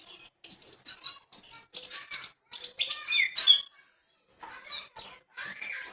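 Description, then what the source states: Orange-headed Thrush song: rapid varied phrases of high whistles and sharp chips in quick bursts, with a brief pause before the song resumes. Song; called anis merah locally.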